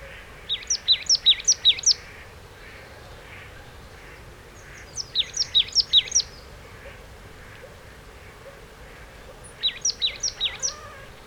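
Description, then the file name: Marsh tit delivering three separate bursts of about six rapid, high, falling chip notes, spaced several seconds apart. "Poecile palustris"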